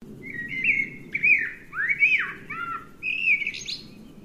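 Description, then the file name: Eurasian blackbird song of mellow, looping whistles with rising and falling slurs and a few thin high squeaks, over a low background hum. "Turdus merula"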